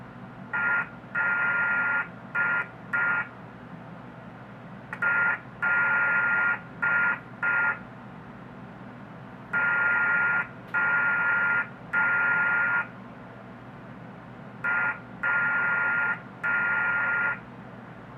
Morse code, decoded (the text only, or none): L L O W